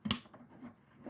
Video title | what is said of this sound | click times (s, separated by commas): 1998 Chevy Blazer: Replace Blower Motor | push until it clicks | 0.1 s